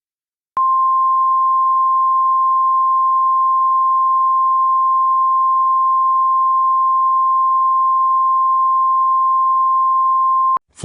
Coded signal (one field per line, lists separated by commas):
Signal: Emergency Alert System (SAME) tones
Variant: 1050 Hz attention tone